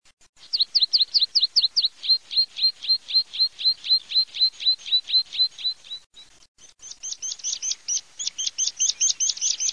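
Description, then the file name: Tree pipit song: a long run of quick downslurred notes that drift lower, a short pause, then a faster series of high, sharp rising notes to the end. "PRISPOLONE"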